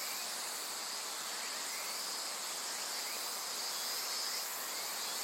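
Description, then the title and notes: Insects make a continuous high-pitched droning chorus, several overlapping trills holding steady throughout. Various insects in a forest thick with trees beside the Azusa River, Shinano River system, Shinshu, Japan. "信州、川の森の音. 信濃川水系、梓川へやってきました。 川のそばには木々が生い茂る森があり、いろんな虫たちの声を聴くことができました。"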